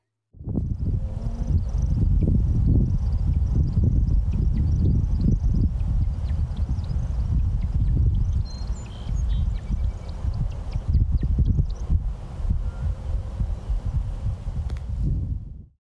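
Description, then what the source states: American woodcock taking to the air: faint high twittering runs on for several seconds, then breaks into scattered chirps, over heavy low rumbling noise. Woodcock taking to the air; the twittering comes from its wing feathers, with chirping calls as it descends and returns to the ground.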